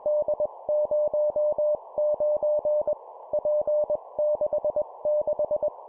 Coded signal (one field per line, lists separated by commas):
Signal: Morse code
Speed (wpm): 21 wpm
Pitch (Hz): 600 Hz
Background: none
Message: D09 P66